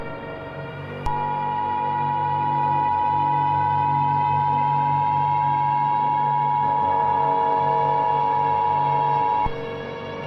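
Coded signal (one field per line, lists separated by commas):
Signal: Emergency Alert System (SAME) tones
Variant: 853 and 960 Hz attention tone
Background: music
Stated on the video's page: Fictional EAS scenario about the Wither Storm.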